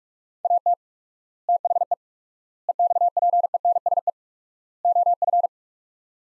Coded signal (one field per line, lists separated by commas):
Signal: Morse code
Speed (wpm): 46 wpm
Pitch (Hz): 700 Hz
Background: none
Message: AT THE EXPENSE OF